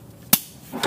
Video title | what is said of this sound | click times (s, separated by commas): Why you should upgrade your older Hemi Swap harness. QuickHemi Standalone debut – DIYHEMI | snaps into place | 0.3 s